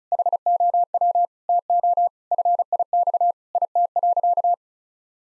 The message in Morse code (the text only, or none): HOW TO FIX IT.